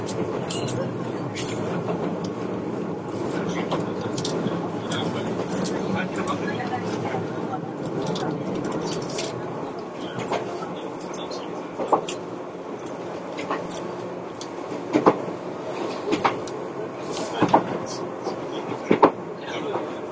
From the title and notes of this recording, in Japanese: 伊豆急2100系(キンメ電車) 熱海〜伊東。JR伊東線の区間で録音した。制御機器など制御方式は全編成とも抵抗制御である。ブレーキシステムは発電ブレーキ併用電磁直通ブレーキ (HSC-D) であり、合わせて抑速ブレーキも装備する。主電動機はTDK806/5-A、歯車比は5.31。